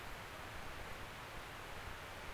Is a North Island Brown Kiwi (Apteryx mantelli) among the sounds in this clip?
no